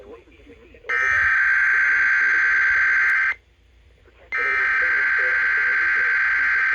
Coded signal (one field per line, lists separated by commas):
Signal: Emergency Alert System (SAME) tones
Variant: header bursts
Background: speech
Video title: EAS #170: KIH35 RWT || 7/14/21